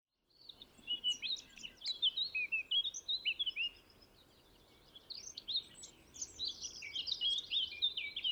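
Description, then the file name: Eurasian blackcap song, a brisk jumbled warble of chirps and whistled slurs, breaking off for about a second midway before resuming, with low background noise. "Sylvia atricapilla"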